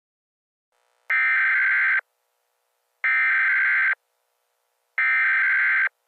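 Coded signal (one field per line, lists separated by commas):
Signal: Emergency Alert System (SAME) tones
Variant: header bursts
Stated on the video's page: Emergency Alert System scenario, a fictional blizzard alert.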